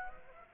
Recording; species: mosquito wingbeat signal from an infrared sensor; Aedes aegypti